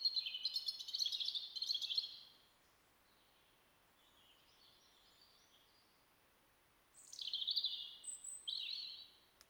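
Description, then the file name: European robin song: a rapid jumble of high thin notes and trills for two seconds, then a pause with faint phrases, then another tumbling high phrase near the end. "Erithacus rubecula"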